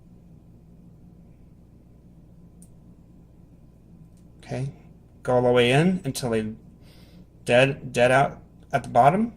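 The second end of a zip cord is guided into the holes of a RapidSPLICE RS-1822-2 2-way splice connector and pushed all the way in, before the door is closed. Over a low steady hum there is a faint brief tick at about 2.6 s, and then someone talks. Nothing has seated or clicked yet.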